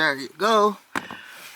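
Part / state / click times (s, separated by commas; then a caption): throttle controller harness plug into accelerator pedal connector / seated / 1.0 s. Someone talks as an ECU Shop throttle controller harness plug is pushed into the accelerator pedal connector of a 2018 Toyota C-HR XLE. A sharp, easy snap sounds at 1.0 s, and the plug is seated.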